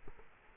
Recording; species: mosquito wingbeat signal from an infrared sensor; Culex quinquefasciatus